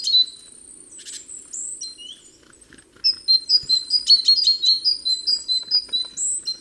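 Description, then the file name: Great tit calling, a few scattered chirps at first, then a fast run of bright notes repeated more than twice a second over a soft low hum. "Parus major"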